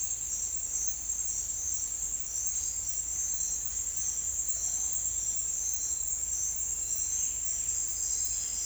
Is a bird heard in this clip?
no